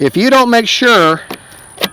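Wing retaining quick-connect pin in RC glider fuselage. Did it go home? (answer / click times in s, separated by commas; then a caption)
no / none. Someone talks while handling the quick-connect locking pins that hold the foam wing to the fuselage of an Avios Kobuz RC glider; the pins must lock so the wing does not come off in flight. After the talking, two faint handling taps are heard, near 1.3 and 1.8 seconds. The pins have not yet clicked into the locked position.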